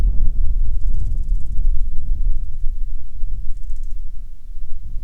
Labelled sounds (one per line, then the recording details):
wind
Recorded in the Prudhoe Bay oil fields, Alaska, on 6 June 2019 at 03:55
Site 16